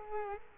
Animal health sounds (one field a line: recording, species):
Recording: mosquito wingbeat signal from an infrared sensor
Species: Culex quinquefasciatus